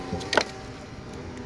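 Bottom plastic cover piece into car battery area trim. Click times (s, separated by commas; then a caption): 0.3 s, 0.4 s. While a battery is being removed from a 2014 Chevrolet Malibu, a bottom plastic cover piece is pushed into position in the battery-area trim. Two sharp clicks sound at 0.3 s and 0.4 s as the plastic piece snaps and locks into place.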